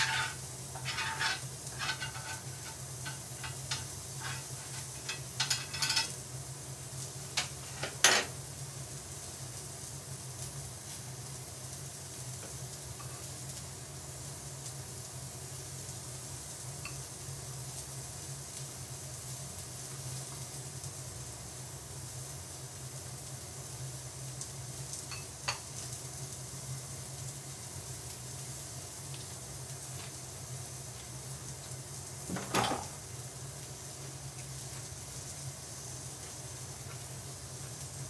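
Grilled meat sizzles steadily under a constant low hum throughout. In the first eight seconds a burst of crackles and pops comes, with a sharp click near eight seconds; later, single louder pops stand out around 25 and 32 seconds.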